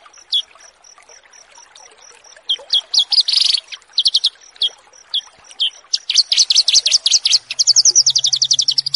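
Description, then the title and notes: Horsfield's bush lark singing scattered sharp chirps that build into fast, dense runs of high twittering notes, with a soft regular ticking in the background. Bird-keeping tutoring recording (masteran) for training birds. "Branjangan VS BURGER Masteran. burung BRANJANGAN"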